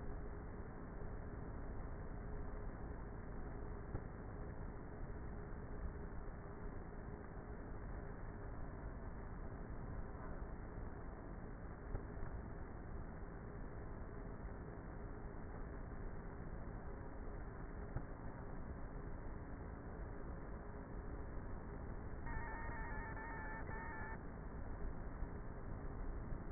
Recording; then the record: honeybee colony, microphone inside the hive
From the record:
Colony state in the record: queenless with a low population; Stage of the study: before two queens were removed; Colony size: about 30,000 bees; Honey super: no